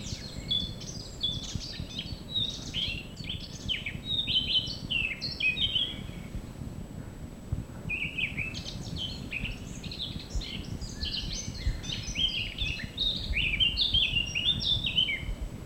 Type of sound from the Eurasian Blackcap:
song